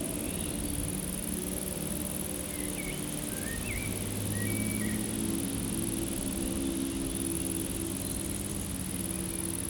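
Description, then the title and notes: Insects make a dense, unbroken high-pitched buzz while a few thin bird chirps come and go, over low humming traffic noise. Insects stridulating in a dry meadow on a hot day; wind rustling foliage, birds singing from surrounding woods, motorbike noise from the RD991 road; Chindrieux, France. "348-862 Rue de Vars, 73310 Chindrieux, France - Prairie stridulante. Par une chaude journée , les insectes stridulent dans une prairie sèche, le vent fait frémir les feuillages, quelques oiseaux des bois environnants chantent , tandis que la RD991 envoie ses ronronnements de motos plus ou moins agressifs "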